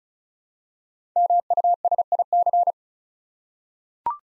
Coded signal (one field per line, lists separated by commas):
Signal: Morse code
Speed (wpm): 36 wpm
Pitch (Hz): 700 Hz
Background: none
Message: MUSIC